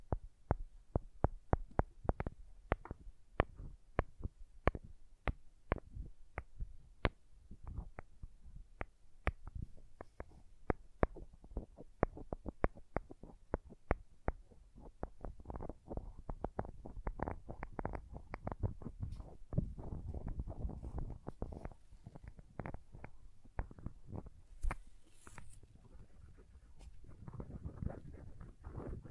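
Crayons tap and scrape in a quick, uneven run of sharp clicks that repeats through the whole stretch. The first half is mostly crisp separate taps; from about fifteen seconds the strokes thicken into denser, lower scratching and rubbing, with a brief hiss near twenty-five seconds.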